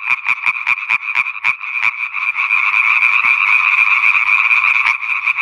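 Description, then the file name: Italian tree frog producing sharp croaking pulses in a rapid train that soon dissolves into a thick, unbroken frog chorus. "Raganella (Hyla intermedia)"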